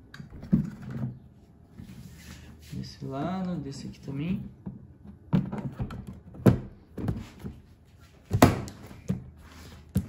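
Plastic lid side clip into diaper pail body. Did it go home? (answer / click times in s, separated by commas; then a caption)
yes / 8.4 s. Someone talks while fitting the plastic lid onto a Tommee Tippee Twist & Click anti-odor diaper pail, with soft handling thumps along the way. Pressing the side clip on the second side gives a sharp, loud snap at 8.4 s as the clip locks home and the lid is seated.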